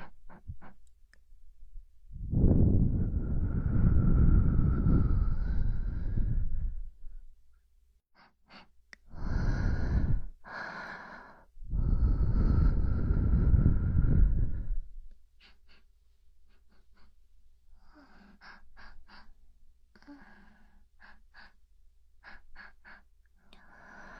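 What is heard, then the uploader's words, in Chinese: Ear massage sounds: three heavy, muffled rubbing sweeps against the microphone in the first fifteen seconds, then soft scattered taps and crinkles. 100%疗愈满点的放松耳部按摩。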